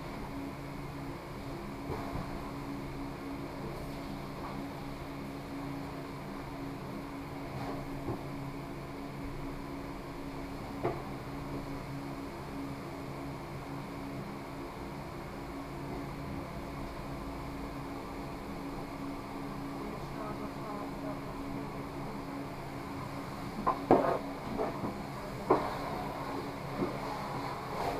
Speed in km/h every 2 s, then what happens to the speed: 1, 1, 1, 1, 1, 1, 1, 1, 1, 2, 3, 2, 2, 2.
0-17 standing. 17-24 steady at about 2. 24-26 standing.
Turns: none.